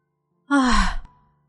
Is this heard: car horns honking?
no